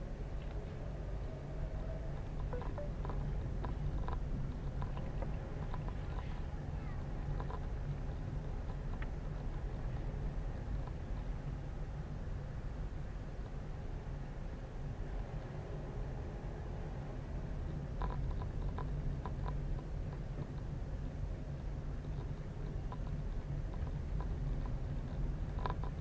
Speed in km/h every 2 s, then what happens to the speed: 11, 13, 13, 13, 12, 12, 11, 12, 14, 14, 14, 13, 14.
0-26 steady at about 13.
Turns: none.